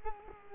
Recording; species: mosquito wingbeat signal from an infrared sensor; Culex quinquefasciatus